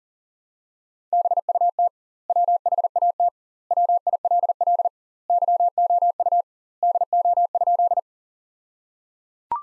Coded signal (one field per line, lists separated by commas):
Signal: Morse code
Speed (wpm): 37 wpm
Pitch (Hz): 700 Hz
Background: none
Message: BUT WHAT WILL YOU DO?